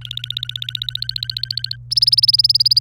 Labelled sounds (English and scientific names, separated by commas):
Domestic Canary (Serinus canaria) song